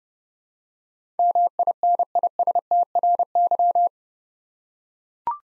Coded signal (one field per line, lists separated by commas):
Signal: Morse code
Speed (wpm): 30 wpm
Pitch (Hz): 700 Hz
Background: none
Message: MINISTRY